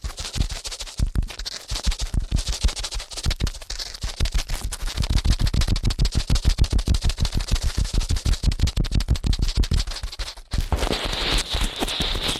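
Ear cleaning at high speed: a dense, rapid run of scratchy rubbing strokes, steady throughout, with a brief break near ten seconds.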